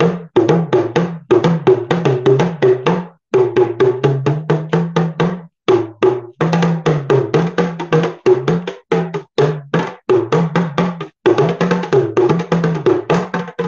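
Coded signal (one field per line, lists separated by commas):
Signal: talking drum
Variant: Ghanaian hourglass talking drum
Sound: quick series of drum strokes with rising and falling low pitch, short pauses between phrases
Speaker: used for conversations with drum language you can actually speak literal phrases with these up and down melodies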